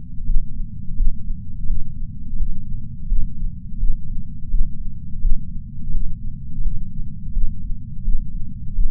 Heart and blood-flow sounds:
heart sounds by patch sensor on the chest; 85 bpm
0.27 s: heartbeat
0.97 s: heartbeat
1.69 s: heartbeat
2.39 s: heartbeat
3.09 s: heartbeat
3.80 s: heartbeat
4.51 s: heartbeat
5.22 s: heartbeat
5.93 s: heartbeat
6.64 s: heartbeat
7.34 s: heartbeat
8.05 s: heartbeat
8.76 s: heartbeat
From the record:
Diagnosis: coronary artery disease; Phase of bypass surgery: postoperative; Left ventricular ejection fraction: 63%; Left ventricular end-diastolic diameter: 47 mm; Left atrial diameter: 42 mm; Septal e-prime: 6.9 cm/s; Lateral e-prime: 10.4 cm/s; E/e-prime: 10.3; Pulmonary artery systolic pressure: 20 mmHg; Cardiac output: 7.8 L/min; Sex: female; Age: 70 years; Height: 164 cm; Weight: 70 kg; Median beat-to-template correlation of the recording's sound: 0.88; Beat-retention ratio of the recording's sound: 1.00

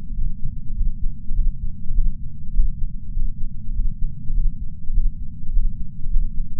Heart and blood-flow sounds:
heart sounds by patch sensor on the chest; 101 bpm
0.14 s: heartbeat
0.74 s: heartbeat
1.34 s: heartbeat
1.93 s: heartbeat
2.52 s: heartbeat
3.12 s: heartbeat
3.72 s: heartbeat
4.33 s: heartbeat
4.92 s: heartbeat
5.51 s: heartbeat
6.09 s: heartbeat
From the record:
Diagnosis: coronary artery disease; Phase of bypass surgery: postoperative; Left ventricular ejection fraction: 64%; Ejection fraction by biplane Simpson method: 61.7%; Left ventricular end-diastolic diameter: 46 mm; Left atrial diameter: 31 mm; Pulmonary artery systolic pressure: 30 mmHg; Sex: male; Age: 43 years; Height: 177 cm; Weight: 75 kg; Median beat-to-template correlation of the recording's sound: 0.76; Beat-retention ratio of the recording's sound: 0.99

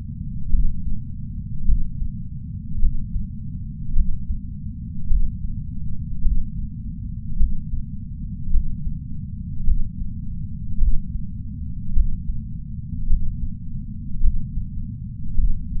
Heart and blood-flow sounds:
heart sounds by patch sensor on the chest; 53 bpm
0.49 s: heartbeat
1.64 s: heartbeat
2.78 s: heartbeat
3.92 s: heartbeat
5.06 s: heartbeat
6.21 s: heartbeat
7.35 s: heartbeat
8.49 s: heartbeat
9.63 s: heartbeat
10.77 s: heartbeat
11.92 s: heartbeat
13.06 s: heartbeat
14.19 s: heartbeat
15.34 s: heartbeat
From the record:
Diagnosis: coronary artery disease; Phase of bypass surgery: intraoperative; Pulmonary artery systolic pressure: 17 mmHg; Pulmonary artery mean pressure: 9 mmHg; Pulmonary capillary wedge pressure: 2 mmHg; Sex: male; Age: 71 years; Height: 162 cm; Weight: 75 kg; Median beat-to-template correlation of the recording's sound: 0.89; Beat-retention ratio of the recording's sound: 0.98

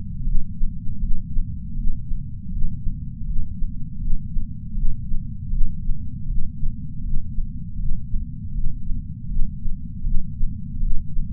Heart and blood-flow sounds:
heart sounds by patch sensor on the chest; 80 bpm
0.24 s: heartbeat
1.00 s: heartbeat
1.76 s: heartbeat
2.50 s: heartbeat
3.25 s: heartbeat
3.99 s: heartbeat
4.74 s: heartbeat
5.50 s: heartbeat
6.27 s: heartbeat
7.02 s: heartbeat
7.78 s: heartbeat
8.53 s: heartbeat
9.28 s: heartbeat
10.03 s: heartbeat
10.80 s: heartbeat
From the record:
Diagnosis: coronary artery disease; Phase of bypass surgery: intraoperative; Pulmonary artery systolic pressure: 26 mmHg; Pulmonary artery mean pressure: 18 mmHg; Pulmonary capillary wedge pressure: 8 mmHg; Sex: female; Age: 52 years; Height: 163 cm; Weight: 80 kg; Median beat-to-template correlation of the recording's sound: 0.89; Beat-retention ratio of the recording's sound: 0.99

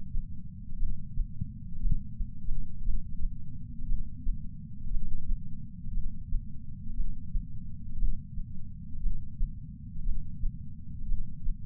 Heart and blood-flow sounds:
heart sounds by patch sensor on the chest; 58 bpm
0.78 s: heartbeat
1.81 s: heartbeat
2.84 s: heartbeat
3.87 s: heartbeat
4.90 s: heartbeat
5.93 s: heartbeat
6.95 s: heartbeat
7.98 s: heartbeat
9.01 s: heartbeat
10.05 s: heartbeat
11.07 s: heartbeat
From the record:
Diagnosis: coronary artery disease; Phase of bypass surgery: intraoperative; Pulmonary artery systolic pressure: 38 mmHg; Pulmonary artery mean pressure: 23 mmHg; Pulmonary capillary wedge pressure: 11 mmHg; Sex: male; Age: 74 years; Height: 175 cm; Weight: 66 kg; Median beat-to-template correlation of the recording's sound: 0.93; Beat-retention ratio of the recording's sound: 0.98

